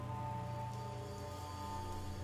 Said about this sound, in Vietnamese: Đưa con mắt kẻ nhìn qua cửa sổ vừa bị gió thổi bung ra, không gian hoàn toàn không có gì ngoài tiếng mưa rơi.